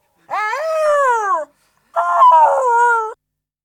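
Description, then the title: Dog giving two long, strained whines, the first gently falling, the second rougher and wavering, with a brief pause between them. Yelping. "Bruitages Fous. Jankende Hond"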